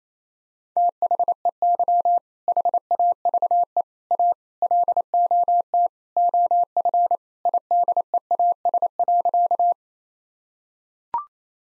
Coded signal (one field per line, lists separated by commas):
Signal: Morse code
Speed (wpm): 27 wpm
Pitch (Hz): 700 Hz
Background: none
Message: THEY HAVE A LOT OF IDEAS.